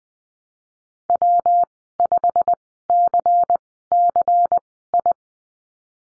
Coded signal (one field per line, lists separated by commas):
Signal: Morse code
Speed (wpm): 20 wpm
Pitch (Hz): 700 Hz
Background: none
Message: W5CCI